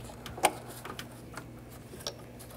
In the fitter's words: Press it in, listen for a click.